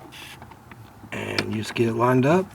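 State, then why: Not seated. With its cable attached, an inside door handle for a Ford F-150 truck is pulled back and lined up with its opening in the door panel before being pushed home. A few faint handling ticks come early, then someone talks. Nothing has seated or clicked yet.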